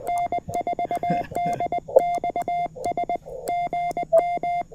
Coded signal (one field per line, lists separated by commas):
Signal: Morse code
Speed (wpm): 20 wpm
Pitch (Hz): 2100 Hz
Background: none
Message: N4DXS GM